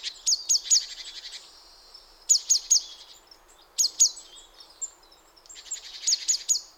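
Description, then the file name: Great tit calling: clusters of sharp high ticking notes, some with harsh buzzy churrs, repeated in several bouts. "Parus major"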